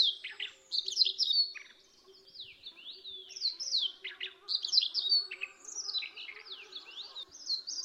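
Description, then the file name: Siberian rubythroat song: fast, continuous, varied run of descending whistled notes and scratchy twitters, over a faint low steady hum. Song variation. "suara siberian rubythroat variasi"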